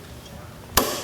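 A click-type torque wrench is re-torquing a lug nut on a car wheel after the wheels were coated. The wrench won't click when turned one way, so it is turned backwards. After a quiet lead-in with faint low rumble, it gives a single sharp, loud click at 0.8 s as it reaches its setting, and the nut is torqued.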